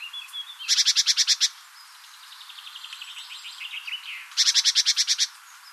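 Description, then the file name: Great tit giving two bursts of fast, buzzy repeated notes separated by softer twittering notes. "Parus major"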